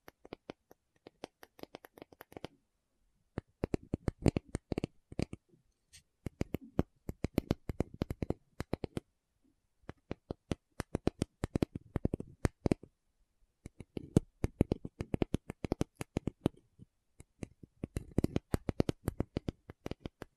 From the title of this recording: Tapping Session (No Talking)